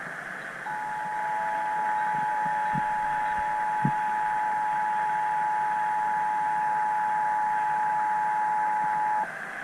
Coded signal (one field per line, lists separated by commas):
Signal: Emergency Alert System (SAME) tones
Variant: 853 and 960 Hz attention tone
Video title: EAS #276- Southeast Michigan Required Monthly Test on WJR